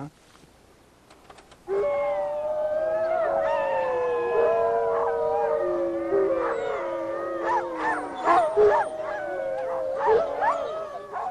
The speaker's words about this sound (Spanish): El granjero debe reproducir el aullido cada vez que escuche el aullido de una manada de lobos salvajes a la distancia.